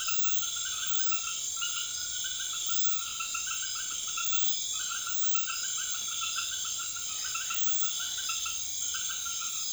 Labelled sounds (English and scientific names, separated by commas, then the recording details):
none
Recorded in secondary vegetation near Puerto Asís, Putumayo, Colombia, on 4 March 2025 at 01:30
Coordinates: 0.500, -76.326
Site GP04